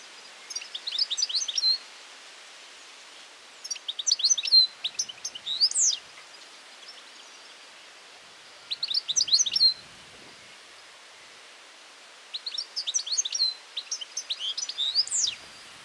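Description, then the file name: European goldfinch giving quick bright twittering bursts, about four phrases each lasting one to three seconds, separated by quiet gaps of a few seconds. "Carduelis carduelis"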